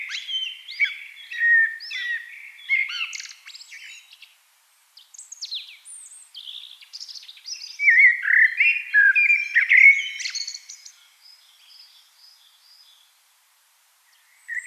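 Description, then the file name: Eurasian blackbird song made of varied warbling phrases: mellow whistles mixed with high, squeaky, chattering notes, with short pauses between phrases. "Turdus merula"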